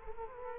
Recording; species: mosquito wingbeat signal from an infrared sensor; Culex quinquefasciatus